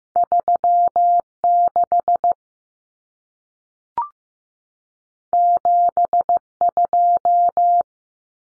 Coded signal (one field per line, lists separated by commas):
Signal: Morse code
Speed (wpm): 15 wpm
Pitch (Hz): 700 Hz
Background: none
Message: 36 72